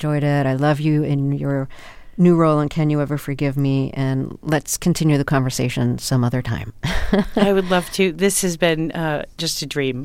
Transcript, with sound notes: I love you in your new role in "Can You Ever Forgive Me?" And let's continue the conversation some other time (laughter).
I would love to. This has been just a dream.